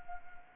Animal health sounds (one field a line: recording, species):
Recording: mosquito wingbeat signal from an infrared sensor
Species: Anopheles gambiae